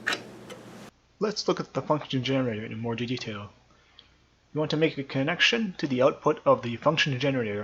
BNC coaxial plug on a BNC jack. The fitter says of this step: to disengage the locking pins and then do everything in reverse